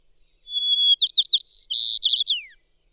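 Bird song starting with a long even whistle, then quick chirps, buzzy trills and a quick run ending in a downward slur.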